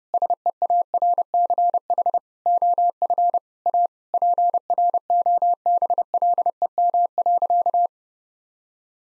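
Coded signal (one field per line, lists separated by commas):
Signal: Morse code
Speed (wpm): 30 wpm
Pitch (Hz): 700 Hz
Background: none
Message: SEARCH OF A PROBLEM.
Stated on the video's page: Morse practice at 30 wpm, sentences with common seven-word phrases for head-copy.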